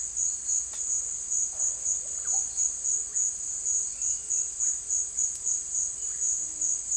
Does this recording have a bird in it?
yes